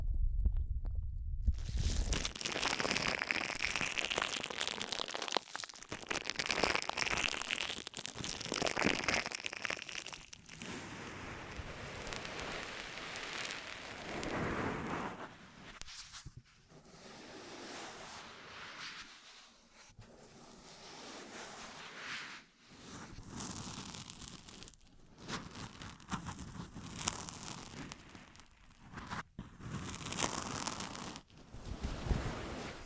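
ASMR ear massage: dense rubbing and crinkling rustles fill the clip, bright and scratchy, opening with a brief low thump. The strokes swell and ease in uneven waves, broken by short silent gaps around 16, 20, 23 and 29 seconds.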